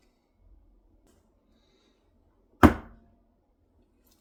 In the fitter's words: did you hear the click